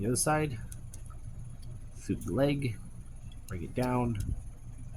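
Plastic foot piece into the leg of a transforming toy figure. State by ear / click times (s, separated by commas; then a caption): not seated / none. Someone talks while handling a Transformers Legacy United Cybertron Starscream figure, swinging the leg and bringing its plastic foot piece down toward the leg, with a few faint, brief ticks around 0.9 to 1.1 seconds under the voice. Nothing has seated or clicked into place yet.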